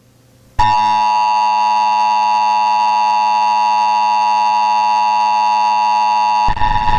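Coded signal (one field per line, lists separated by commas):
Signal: Emergency Alert System (SAME) tones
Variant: 853 and 960 Hz attention tone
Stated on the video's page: Simulated EAS scenario.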